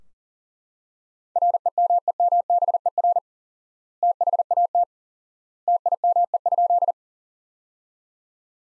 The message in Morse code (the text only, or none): REMEMBER THAT TIME?